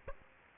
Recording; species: mosquito wingbeat signal from an infrared sensor; Aedes aegypti